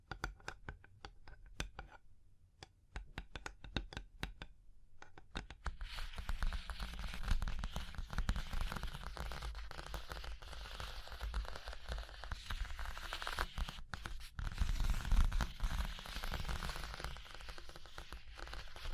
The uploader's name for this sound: Surface Tapping, Scratching, Tracing Sounds